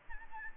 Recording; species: mosquito wingbeat signal from an infrared sensor; Aedes albopictus